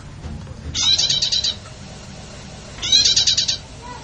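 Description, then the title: Bird: high rapid chattering phrases from a bird, two quick bursts of trilled notes about two seconds apart, with a faint background hum. Bird song used for tutoring (masteran). "Burung"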